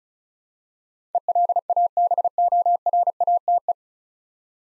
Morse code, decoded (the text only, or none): ELABORATE